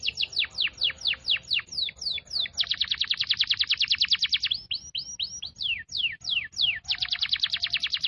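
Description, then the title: Canary song with rapid series of sharp downward-sweeping notes alternating with fast dense trills, delivered continuously in quick repeated rolls. Canary song in the cengkok mewah style, a song pattern named in Indonesian. "Cengkok Kenari Mewah. Suara kenari cengkok mewah"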